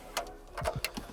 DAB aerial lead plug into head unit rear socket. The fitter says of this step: So we can get that one plugged in. That clicks in place.